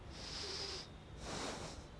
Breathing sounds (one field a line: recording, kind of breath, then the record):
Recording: one breath in and out by a microphone near the nose and mouth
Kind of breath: deep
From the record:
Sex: male